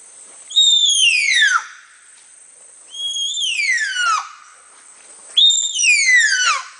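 Baird's tapir calling with three piercing whistles, each sweeping down in pitch, repeated roughly every two and a half seconds.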